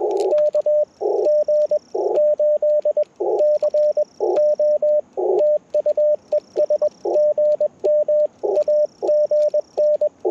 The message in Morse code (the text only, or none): KG8CO TU ES GM AGN